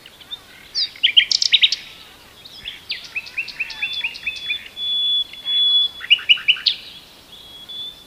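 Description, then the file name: Common nightingale song with quick repeated chirps, then a drawn-out pure whistled tone, followed by another fast rattling phrase. "Luscinia megarhynchos"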